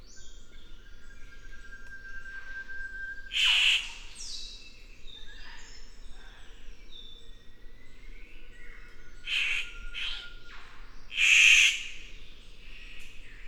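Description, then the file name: Victoria's riflebird producing three rough, rasping calls, unevenly spaced, amid scattered whistles and chirps from other birds. "Ptiloris Victoriae"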